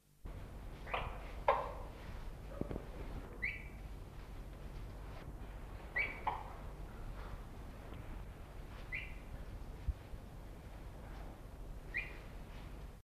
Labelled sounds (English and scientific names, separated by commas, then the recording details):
Demoiselle Crane (Grus virgo) call
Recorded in captivity
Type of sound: call
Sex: pair
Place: Zoo Augsburg, Bayern, DE
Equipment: Halbspur, 9,5 cm/s
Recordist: Lütgens, Hans
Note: 1 Paar leicht beunruhigt, Weibchen mit hellen Lauten. Zoo Augsburg 1982